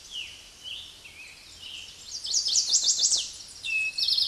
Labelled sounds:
Chestnut-sided Warbler song
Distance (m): 5 m
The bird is about 5 m above the microphone
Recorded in a Pennsylvania forest on 16 May 2024 at 06:15
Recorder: AudioMoth, point MSD-2166
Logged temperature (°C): 16.3 °C
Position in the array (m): 107 m, 6 m

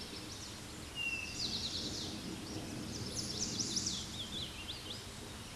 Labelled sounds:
Chestnut-sided Warbler song
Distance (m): 30 m
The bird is about 10 m above the microphone
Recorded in a Pennsylvania forest on 16 May 2024 at 09:47
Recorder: AudioMoth, point MSD-1368
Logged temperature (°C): 12.5 °C
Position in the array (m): 16 m, 25 m

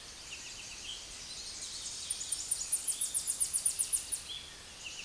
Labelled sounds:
Tennessee Warbler song
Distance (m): 20 m
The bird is about 5 m above the microphone
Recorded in a Pennsylvania forest on 16 May 2024 at 08:39
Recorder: AudioMoth, point MSD-0521
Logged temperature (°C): 15.8 °C
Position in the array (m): 30 m, 100 m

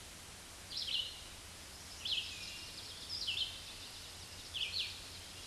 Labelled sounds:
Red-eyed Vireo song
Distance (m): 30 m
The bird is about 25 m above the microphone
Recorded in a Pennsylvania forest on 16 May 2024 at 06:37
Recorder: AudioMoth, point MSD-2201
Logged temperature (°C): 15.5 °C
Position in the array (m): 164 m, 71 m

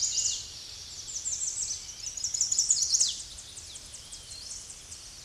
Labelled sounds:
American Redstart song
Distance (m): 20 m
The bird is about 5 m above the microphone
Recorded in a Pennsylvania forest on 16 May 2024 at 07:41
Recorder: AudioMoth, point MSD-2074
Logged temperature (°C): 16.3 °C
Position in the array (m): 154 m, 219 m

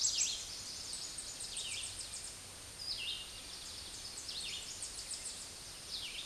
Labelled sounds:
Tennessee Warbler song
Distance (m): 50 m
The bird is about 25 m above the microphone
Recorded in a Pennsylvania forest on 16 May 2024 at 06:41
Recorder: AudioMoth, point MSD-0398
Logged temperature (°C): 16.4 °C
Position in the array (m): 119 m, 117 m

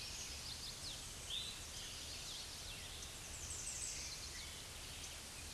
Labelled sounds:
American Redstart song
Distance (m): 45 m
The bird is about 10 m above the microphone
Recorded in a Pennsylvania forest on 16 May 2024 at 08:12
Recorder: AudioMoth, point MSD-2345
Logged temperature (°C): 15.5 °C
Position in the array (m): 102 m, 243 m

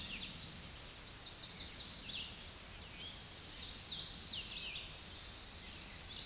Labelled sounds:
Hooded Warbler song
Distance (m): 30 m
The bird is about 10 m above the microphone
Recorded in a Pennsylvania forest on 16 May 2024 at 07:16
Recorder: AudioMoth, point MSD-0398
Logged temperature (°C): 16.4 °C
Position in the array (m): 131 m, 114 m

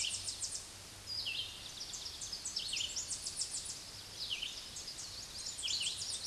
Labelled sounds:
Red-eyed Vireo song
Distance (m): 30 m
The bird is about 20 m above the microphone
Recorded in a Pennsylvania forest on 16 May 2024 at 06:41
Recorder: AudioMoth, point MSD-2208
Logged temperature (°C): 15.2 °C
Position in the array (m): 165 m, 73 m

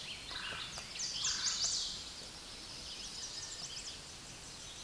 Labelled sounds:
Chestnut-sided Warbler song
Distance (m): 25 m
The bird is about level with the microphone
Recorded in a Pennsylvania forest on 16 May 2024 at 08:57
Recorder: AudioMoth, point MSD-1534
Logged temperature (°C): 15.6 °C
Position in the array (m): 19 m, 25 m

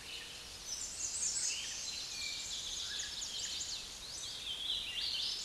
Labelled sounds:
American Redstart song
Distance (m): 45 m
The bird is about 20 m above the microphone
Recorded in a Pennsylvania forest on 16 May 2024 at 06:17
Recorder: AudioMoth, point MSD-1411
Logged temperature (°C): 16.1 °C
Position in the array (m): 34 m, 220 m

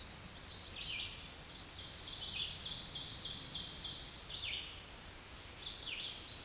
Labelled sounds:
Ovenbird song
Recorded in a Pennsylvania forest on 16 May 2024 at 07:59
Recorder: AudioMoth, point MSD-2287
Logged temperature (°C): 11.2 °C
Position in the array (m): 149 m, 2 m

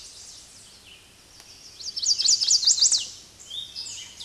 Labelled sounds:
Chestnut-sided Warbler song
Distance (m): 5 m
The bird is about level with the microphone
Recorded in a Pennsylvania forest on 16 May 2024 at 06:41
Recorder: AudioMoth, point MSD-2166
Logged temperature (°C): 16.3 °C
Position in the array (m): 111 m, 4 m

